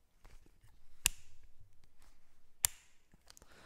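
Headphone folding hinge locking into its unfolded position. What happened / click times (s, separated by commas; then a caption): A small metal hinge snaps into its locked position, twice / 1.1 s, 2.7 s. The folding metal hinge of V-MODA M-100 over-ear headphones, bolted together with metal bracing, is held to a microphone and unfolded until it locks. Two sharp, bright clicks ring out at 1.1 s and 2.7 s over soft handling rumble, followed by a few faint ticks near 3.3–3.4 s. The hinge snaps firmly into its locked, unfolded position with a satisfying click.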